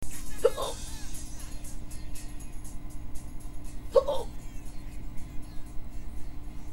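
An adult hiccupping: two sharp hiccups about three and a half seconds apart, over steady low background noise.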